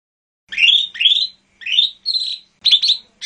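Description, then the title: Bird song of several sweet rising whistles, each about half a second long, given in quick succession. "SuaraBurung Kicau"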